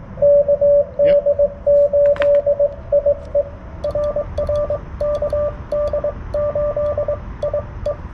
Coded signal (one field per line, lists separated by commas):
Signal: Morse code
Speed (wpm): 22 wpm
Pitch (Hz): 590 Hz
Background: radio noise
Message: KD8IE RR KD8IE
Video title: CW POTA at US-4567 with the Yaesu FTDX10